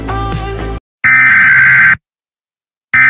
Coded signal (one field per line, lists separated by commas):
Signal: Emergency Alert System (SAME) tones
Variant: header bursts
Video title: EAS Bulletin: Extreme Fire Danger In Topeka, KS March 8, 2021